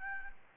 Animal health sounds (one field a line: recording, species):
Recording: mosquito wingbeat signal from an infrared sensor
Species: Aedes albopictus